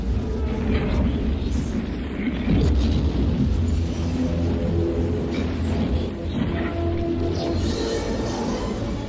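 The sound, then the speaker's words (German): A long, loud roar of rolling explosions with deep rumbling bass and crackling bursts that stays intense for about nine seconds, as an alien spaceship hit at its center blows apart in spreading blasts until the whole ship detonates. “Es explodiert und die Explosionen breiten sich immer weiter aus, bis das gesamte Raumschiff detoniert.”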